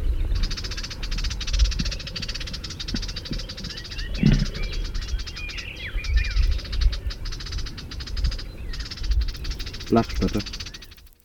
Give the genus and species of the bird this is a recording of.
Iduna pallida